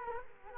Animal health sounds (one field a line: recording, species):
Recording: mosquito wingbeat signal from an infrared sensor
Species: Culex quinquefasciatus